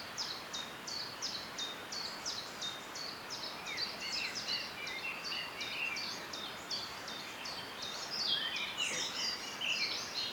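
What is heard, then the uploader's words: Birdsong in Snowdonia: a rapid, regular series of high chirps repeats throughout, with softer warbling mid-clip over a steady background hiss. Radio Birdsong from Snowdonia, North Wales. High above the Aberglaslyn Pass.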